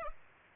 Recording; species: mosquito wingbeat signal from an infrared sensor; Aedes aegypti